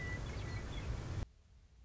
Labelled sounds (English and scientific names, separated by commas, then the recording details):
Western Meadowlark (Sturnella neglecta)
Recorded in Sonoma County, California